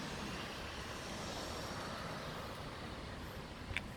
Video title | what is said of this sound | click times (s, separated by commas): Verification Permis semi remorque CE partie 1 | là là bas elia repoussé la sellette mais bien verrouillé maintenant | 3.8 s